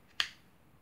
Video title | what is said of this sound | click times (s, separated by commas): CRKT Keramin Review | with the blade um you can kind of hear that a little click there | 0.2 s